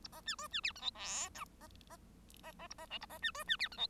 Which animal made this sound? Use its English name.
Bengalese Finch